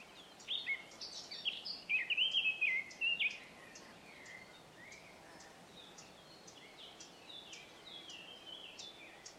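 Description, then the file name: Eurasian blackcap song: a loud, rich warbled phrase of rapid rising and falling notes, then quieter warbling with faint sharp high ticks. "Sylvia atricapilla"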